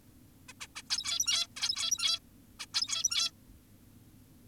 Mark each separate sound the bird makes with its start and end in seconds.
0.49-0.53, 0.61-0.67, 0.76-0.82, 0.90-1.47, 1.57-2.20, 2.60-2.66, 2.74-3.31